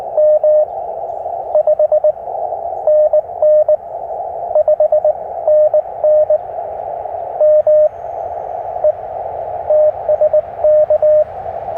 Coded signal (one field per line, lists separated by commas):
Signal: Morse code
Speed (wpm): 22 wpm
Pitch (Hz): 600 Hz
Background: radio noise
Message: M 5NN 5NN ME TSK